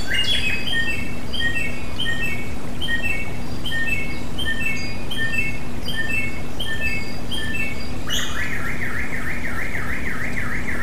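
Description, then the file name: Samyong song: quick repeated chirpy notes run steadily for eight seconds, then switch to a wavering, rolling trill, with a constant low hum behind. Therapy sound recording of samyong song for cage birds. "suara terapi samyong omkicau"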